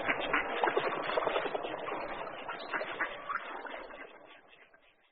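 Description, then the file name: Mallard quacking: dense, overlapping nasal calls from many ducks at once, a busy chatter that gradually fades away over the last seconds. "Kachna-divoká"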